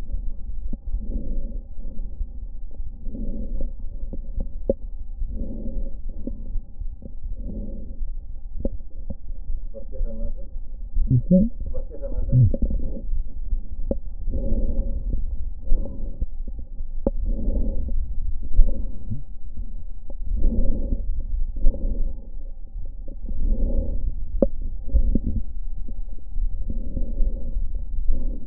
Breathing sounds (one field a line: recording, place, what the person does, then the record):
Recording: lung sounds by stethoscope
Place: left posterior basal chest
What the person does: quiet breathing, then deep breathing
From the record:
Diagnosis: COPD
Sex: female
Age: 80 years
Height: 160 cm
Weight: 62 kg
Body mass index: 24.2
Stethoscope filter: diaphragm mode